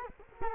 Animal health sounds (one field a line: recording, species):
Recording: mosquito wingbeat signal from an infrared sensor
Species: Culex quinquefasciatus